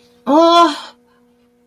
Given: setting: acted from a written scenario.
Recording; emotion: vocal sound without words; anger